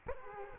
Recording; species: mosquito wingbeat signal from an infrared sensor; Culex quinquefasciatus